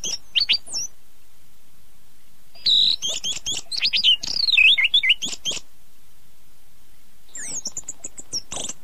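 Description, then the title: Oriental magpie-robin giving scratchy notes, then a dense tumbling phrase of varied whistles and chirps, a pause, and thin high whistles near the end. Singing (kicau). "Kicau Kacer"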